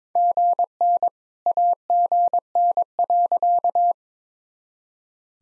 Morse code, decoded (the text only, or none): GN AGN.